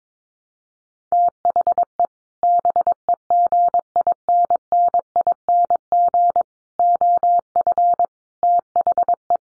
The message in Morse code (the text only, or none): THE BEGINNING OF THE